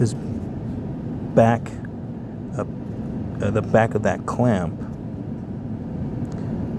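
The back of a plastic clamp is held and lined up against the UV lamp inside a Lennox PureAir whole-house air purification system, ready to be pressed until it snaps into place. Someone talks in short bursts over a steady background hum. The clamp has not snapped in yet, and no click is heard.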